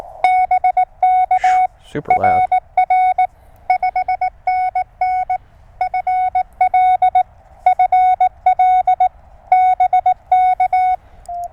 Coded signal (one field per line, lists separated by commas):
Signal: Morse code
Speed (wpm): 18 wpm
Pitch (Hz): 2200 Hz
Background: none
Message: BK RR 5NN FL FL BK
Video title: Amazing DX during a QRP CW POTA Activation!!